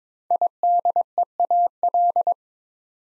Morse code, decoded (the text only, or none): IDEAL